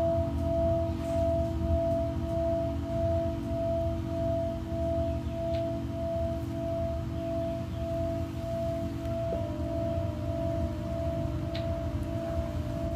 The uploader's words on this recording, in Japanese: 夜のシンギングボウルのサウンドヒーリング。チベタンシンギングボウル。